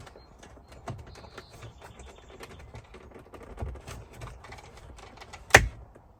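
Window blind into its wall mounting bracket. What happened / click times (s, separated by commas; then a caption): The blind snapped into its bracket / 5.6 s. After earlier tries that gave no click, a fallen window blind in an Airstream Interstate 19 RV is pushed back into its wall mounting clip, with quiet tapping and handling sounds throughout. A single sharp snap at 5.5 s marks the blind seating into its bracket.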